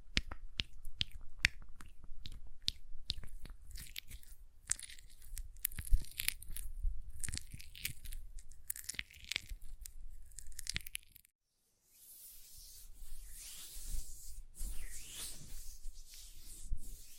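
ASMR hand sounds: for about eleven seconds, quick irregular taps and crisp clicks, like nails tapping, come in clusters over soft rubbing. After a brief silence near eleven seconds, a smoother, hissy rubbing of hands takes over, swelling and fading, like lotion being worked in.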